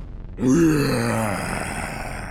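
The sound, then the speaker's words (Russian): A deep, guttural roar from a blue demon level boss named Fire-eyed bursts in after a brief silence, its pitch sliding downward before settling into a long, rough, rumbling growl layered with hissing noise. No one speaks. “Едва я успел дочитать, как морда синего демона начала дрожать, и он вдруг взревел.”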